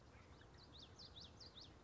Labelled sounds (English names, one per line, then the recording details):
Common Yellowthroat
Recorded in Sonoma County, California